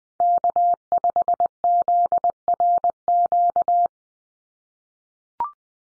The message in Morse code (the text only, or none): K5ZRQ